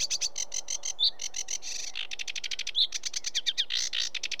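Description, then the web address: Sedge warbler singing a hurried, scratchy medley of rapid clicks, chattering phrases and brief whistled notes, delivered continuously and without pause. "BBC Sound Effects Library. Sedge Warbler"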